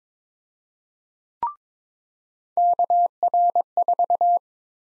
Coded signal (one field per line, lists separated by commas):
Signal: Morse code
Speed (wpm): 22 wpm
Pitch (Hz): 700 Hz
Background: none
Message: KR4